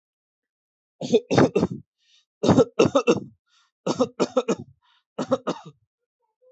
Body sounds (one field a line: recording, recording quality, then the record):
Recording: shallow voluntary cough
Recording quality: excellent, no background noise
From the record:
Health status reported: exposed to COVID-19, no respiratory illness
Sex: male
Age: 32 years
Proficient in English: yes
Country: India